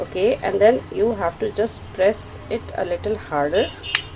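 Someone talks while a die-cast metal toy car is placed from the back into a spring-loaded plastic car launcher and pressed a little harder to lock it in. Nothing has seated or clicked yet by the end of the clip.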